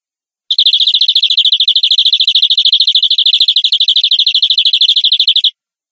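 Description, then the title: Canary singing a fast, even rolling trill of high notes for about five seconds, with no other sounds. "Kenari"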